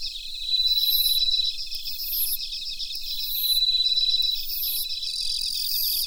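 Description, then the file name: Bell cricket with clear ringing notes spaced a second or so apart, backed by rapid pulsed chirps. "Suzumushi Mitsukado"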